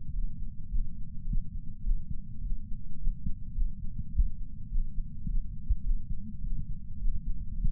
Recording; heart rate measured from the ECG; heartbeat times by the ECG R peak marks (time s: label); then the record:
heart sounds by patch sensor on the chest; 105 bpm
0.13 s: heartbeat
0.70 s: heartbeat
1.27 s: heartbeat
1.84 s: heartbeat
2.42 s: heartbeat
2.99 s: heartbeat
3.55 s: heartbeat
4.13 s: heartbeat
4.70 s: heartbeat
5.27 s: heartbeat
5.84 s: heartbeat
6.42 s: heartbeat
7.00 s: heartbeat
7.57 s: heartbeat
From the record:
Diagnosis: coronary artery disease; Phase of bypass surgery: postoperative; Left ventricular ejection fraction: 62.1%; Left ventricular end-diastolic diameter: 45 mm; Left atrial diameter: 33 mm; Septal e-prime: 6.9 cm/s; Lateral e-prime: 10.6 cm/s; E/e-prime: 10.6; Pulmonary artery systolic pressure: 22 mmHg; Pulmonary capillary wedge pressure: 8 mmHg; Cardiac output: 5.1 L/min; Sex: female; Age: 52 years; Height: 163 cm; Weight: 80 kg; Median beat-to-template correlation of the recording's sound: 0.72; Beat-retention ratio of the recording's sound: 0.98